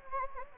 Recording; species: mosquito wingbeat signal from an infrared sensor; Anopheles gambiae